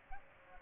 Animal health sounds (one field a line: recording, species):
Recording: mosquito wingbeat signal from an infrared sensor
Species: Aedes aegypti